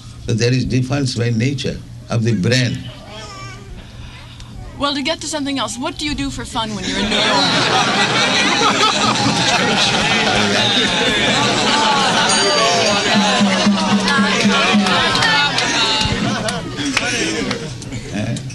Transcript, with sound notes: So there is difference, by nature, of the brain.
Well, to get to something else, what do you do for fun when you're in New York? [laughter]
Huh?